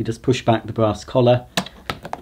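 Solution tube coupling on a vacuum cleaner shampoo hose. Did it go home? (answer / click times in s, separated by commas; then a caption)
released / 1.9 s, 2.1 s. Someone talks while the brass collar on the push-in quick-release coupling of a Numatic George multifunction vacuum cleaner's shampoo hose is pushed back. Sharp clicks sound at 1.9 s and 2.1 s as the solution tube pops out of the fitting, released.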